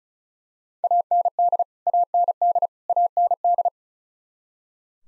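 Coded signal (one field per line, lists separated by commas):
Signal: Morse code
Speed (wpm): 34 wpm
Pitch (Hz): 700 Hz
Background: none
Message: AND AND AND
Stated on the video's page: Morse code practice at 35 wpm: the 100 most common English words, each sent three times, then spoken, then sent again.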